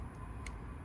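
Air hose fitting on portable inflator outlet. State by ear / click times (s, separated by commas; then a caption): released / 0.5 s. An air hose fitting on the outlet of an AUXITO portable electric inflator is twisted back to unlock it, giving a sharp click at 0.5 s and a fainter tick at 0.9 s over a steady low rumble. The twist-lock clicks open and the hose is released.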